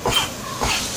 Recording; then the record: coughing mixed with background sound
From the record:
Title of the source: Spring Cold Coughing 2